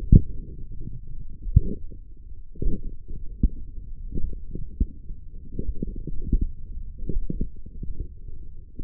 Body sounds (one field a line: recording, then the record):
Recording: forearm muscle sounds (acoustic myography)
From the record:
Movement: forearm supination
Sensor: system 1, eight BSWA MPA416 microphones around the upper forearm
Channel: 6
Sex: male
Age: 42 years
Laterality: right